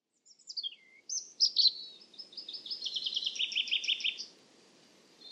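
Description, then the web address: European robin song: a descending run of high thin notes, then a rushing warble ending in a row of rapid repeated notes, over soft background hiss. "Deverinetal 2025"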